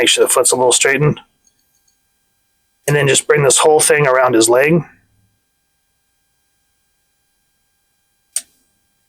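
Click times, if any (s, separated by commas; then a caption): 8.4 s. Someone talks while the plastic leg panel of a transforming action figure is swung around the figure's leg during transformation. After a pause, a sharp click at 8.4 s marks the panel snapping into its locking peg, seated in place.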